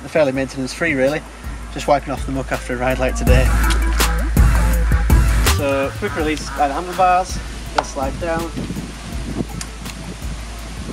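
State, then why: Seated. Someone talks over background music while opening the quick release by the handlebars and sliding the scooter's folding stem down into its fold latch. At 9.6 s, a short, sharp metallic snap is heard as the stem locks into place.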